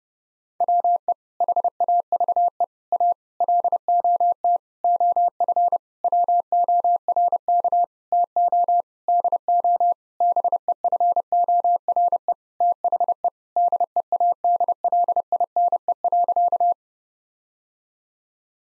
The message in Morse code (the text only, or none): WE HAVE A LOT OF WORK TO DO BEFORE THE DEADLINE.